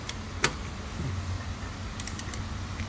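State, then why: Torque reached. A torque wrench tightens the next wheel nut on a 2015 Ford Grand Tourneo Connect during a rear brake change, set to the specified torque so the wheel doesn't come loose. A sharp click sounds at 0.4 s, with a faint tick just before and a few light ticks around 2.0–2.2 s over a low background hum. The click means the nut has reached the manufacturer's specified torque and can't be tightened further.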